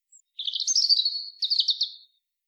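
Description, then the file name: European robin singing a brief faint high note, then a fast liquid warble that runs on before a second glittering trilled burst, with nothing else audible. "Erithacus rubecula"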